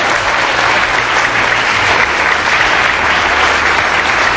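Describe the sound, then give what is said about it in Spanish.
A crowd at a school for the blind applauds a classmate steadily, a dense, even wash of many hands clapping that holds at a loud, constant level for several seconds without pause or swell. “Yo le quiero pedir un aplauso a mi compañero.”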